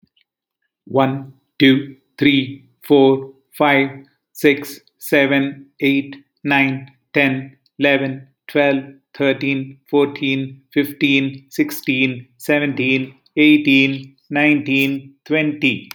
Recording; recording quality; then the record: counting at a normal pace; excellent, no background noise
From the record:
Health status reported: healthy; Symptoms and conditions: diabetes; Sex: male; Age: 63 years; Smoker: not ticked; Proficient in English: yes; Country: India